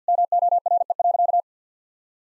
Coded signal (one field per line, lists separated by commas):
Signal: Morse code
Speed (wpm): 50 wpm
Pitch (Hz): 700 Hz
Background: none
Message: MORE.